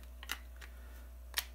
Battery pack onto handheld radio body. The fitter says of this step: battery snaps into place very nicely